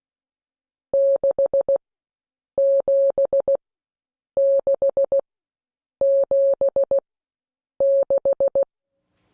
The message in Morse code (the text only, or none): 67676